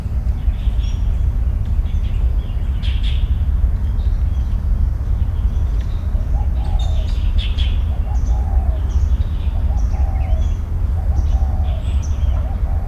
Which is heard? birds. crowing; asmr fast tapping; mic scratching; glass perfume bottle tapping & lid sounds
birds. crowing